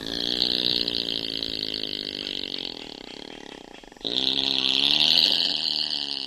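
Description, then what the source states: Opossum growling: a long, raspy growl with a hissing edge, pausing briefly and then resuming. One of more than 50 mammal types living in San Francisco's parks.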